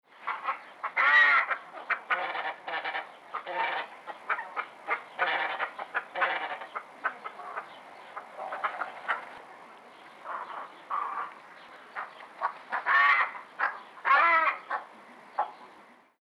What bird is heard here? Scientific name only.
Plegadis falcinellus